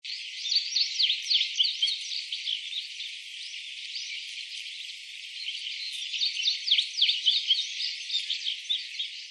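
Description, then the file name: White wagtail calls, busy high twittering chirps that run together in bursts and ease off midway; low sounds are cut away. "hakuseki"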